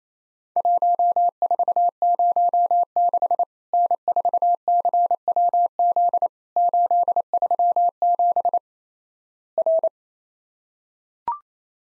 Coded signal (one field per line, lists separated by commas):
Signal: Morse code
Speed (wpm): 28 wpm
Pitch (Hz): 700 Hz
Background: none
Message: 1406 N4CWZ 837 R